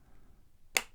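A third-party replacement foam headband pad is pressed onto the inside of the headband of Beyerdynamic DT 700 PRO X headphones. After low, quiet background, a single sharp, bright click is heard at 0.8 s as the pad's catch clicks into place under the headband, seating the pad.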